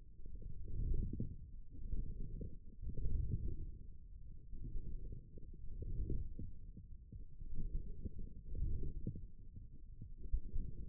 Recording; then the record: forearm muscle sounds (acoustic myography)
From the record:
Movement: forearm pronation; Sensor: system 1, eight BSWA MPA416 microphones around the upper forearm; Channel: 2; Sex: male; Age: 28 years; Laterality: right